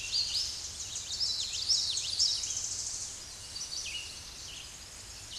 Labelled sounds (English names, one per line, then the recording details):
Common Yellowthroat song
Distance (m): 15 m
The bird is about level with the microphone
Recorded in a Pennsylvania forest on 16 May 2024 at 08:01
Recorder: AudioMoth, point MSD-1293
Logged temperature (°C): 12.0 °C
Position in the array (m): 46 m, 145 m